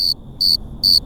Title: Lomas del Madrono, Lomas del Campestre, Gto., Mexico - Grillos cercanos en el cerro gordo.